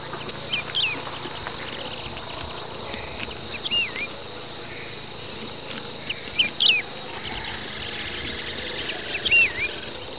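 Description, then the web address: Wedge-tailed Grass-Finch calls: short, thin upslurred notes at irregular intervals of a few seconds, heard over a steady, loud insect drone. Recorded in Ecuador. "Birds of Ecuador Wedge-tailed Grass-Finch"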